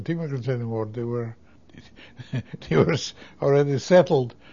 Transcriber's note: he laughs